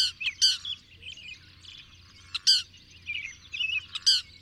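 Bird song, sharp high chip notes repeated at intervals over continuous background twittering and low hum.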